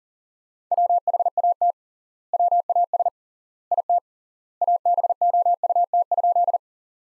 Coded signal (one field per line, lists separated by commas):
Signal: Morse code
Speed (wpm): 40 wpm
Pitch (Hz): 700 Hz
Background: none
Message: WHAT WAS IT ABOUT?